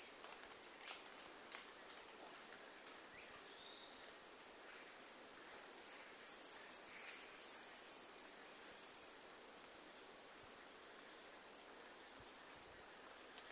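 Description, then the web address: Saddleback tamarin giving a run of thin, very high whistles, each sliding downward, clustered over about four seconds midway, above a steady shrill insect drone. Primate of the South American rainforest. "Natures Songs S America Primates of the Rainforest Saddleback tamarin"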